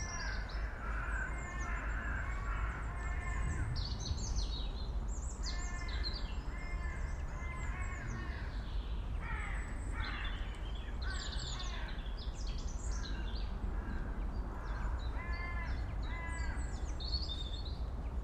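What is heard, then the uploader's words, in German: Birds sing in the forest, busy overlapping chirps and trills repeating throughout, some harsh calls, over a steady low rumble. Today I'm taking you to the edge of a small village in the Black Forest. I placed my mics next to a hunting seat to listen straight into the forest. Birds sing and seem close enough to touch. Vögel singen und scheinen zum Greifen nah.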